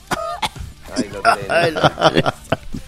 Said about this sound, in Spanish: Y a mí me viene la tos en 3, 2, 1. Claro, y dijo: y no tosas al aire.